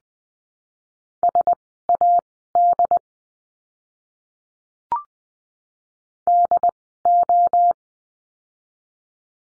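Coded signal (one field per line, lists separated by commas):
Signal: Morse code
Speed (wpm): 20 wpm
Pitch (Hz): 700 Hz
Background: none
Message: SAD DO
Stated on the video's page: Morse lesson drill of words with letter D at Farnsworth speed 20/10 wpm.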